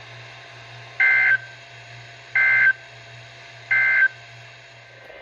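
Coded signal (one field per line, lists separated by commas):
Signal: Emergency Alert System (SAME) tones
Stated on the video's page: Real captured EAS alerts for floods, high winds and thunderstorms from Central Virginia.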